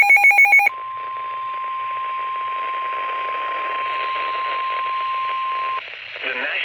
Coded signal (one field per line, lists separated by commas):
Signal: Emergency Alert System (SAME) tones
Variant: 1050 Hz attention tone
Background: speech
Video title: NOW IT HITS HOME (EAS #77) Severe Thunderstorm Warning